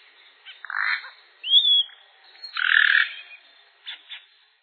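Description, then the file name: Yellow-rumped cacique song, a varied run of mixed notes: a buzzy burst, a clear slurred whistle, then a harsh, rich chatter and two short closing notes. "japiim"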